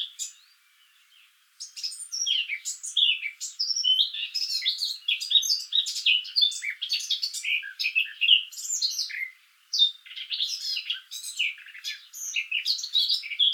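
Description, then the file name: Eurasian blackcap warbling steadily after a short quiet start, a mix of scratchy chirps and bright whistles. "Sylvia atricapilla"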